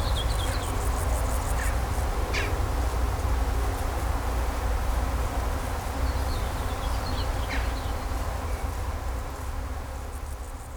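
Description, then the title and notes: Bees buzzing in a low continuous hum, with scattered short bird chirps. Bees buzzing in vineyards at Kallstadt, Germany, rural setting, with birds singing and road traffic noise in the background. "In den Reben, Kallstadt, Deutschland - In Kallstadt summen die Bienen. Natur, Weinreben, Bienen summen, Vögel singen, Fahrgeräusche von Straße, Land"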